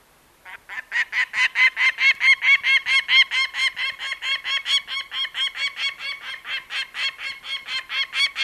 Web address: peregrine falcon